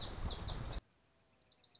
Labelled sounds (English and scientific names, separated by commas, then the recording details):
Lazuli Bunting (Passerina amoena)
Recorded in Sonoma County, California